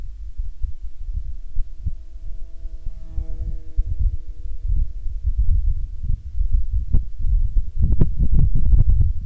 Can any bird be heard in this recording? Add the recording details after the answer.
no. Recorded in the Prudhoe Bay oil fields, Alaska, on 15 June 2019 at 19:41. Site 11